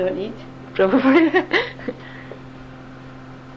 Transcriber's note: laughs